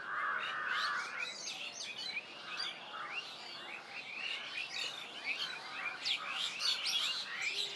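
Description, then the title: Mixed bird chorus: a short warbled phrase opens, followed by steady bright chirps and high twittering notes from many birds. Birds at medium distance in a village ambience. "GameAudioGDC. AMBIENCE Birds Medium Distant Village and People"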